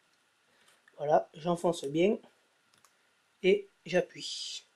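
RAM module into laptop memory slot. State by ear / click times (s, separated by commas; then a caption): not seated / none. Someone talks while a SO-DIMM RAM module is pressed down into the memory slot of a MacBook Pro during an upgrade from 4 GB to 8 GB of RAM. Faint short ticks occur around 0.9, 2.7 and 2.9 seconds between the speech. The module has not clicked or seated into the slot yet.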